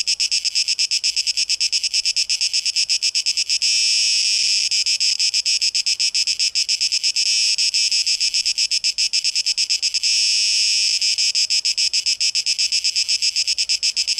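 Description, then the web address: Cicada song, a very fast pulsing hiss that twice swells into a continuous, unbroken high buzz before resuming its throb. Recorded 12 August 2023. "rauschpartikel 2023-08-12 Zikaden"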